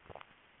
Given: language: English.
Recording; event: throat vibration sensor signal played as sound; swallow